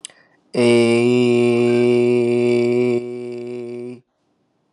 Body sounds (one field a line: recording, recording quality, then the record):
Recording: sustained vowel as in made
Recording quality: excellent, no background noise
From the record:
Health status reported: COVID-19 positive, moderate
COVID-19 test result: positive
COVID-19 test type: RT-PCR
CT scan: not taken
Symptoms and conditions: cough, cold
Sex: male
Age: 23 years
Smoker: no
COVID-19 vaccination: both doses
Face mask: not worn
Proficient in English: yes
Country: United States